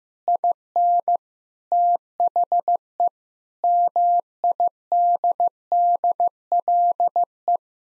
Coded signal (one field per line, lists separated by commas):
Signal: Morse code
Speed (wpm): 15 wpm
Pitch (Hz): 700 Hz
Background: none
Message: IN THE MIDDLE